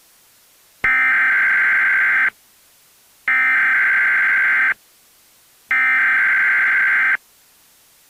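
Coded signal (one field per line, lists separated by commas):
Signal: Emergency Alert System (SAME) tones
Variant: header bursts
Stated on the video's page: Fictional Emergency Alert System scenario made for entertainment, played very loud.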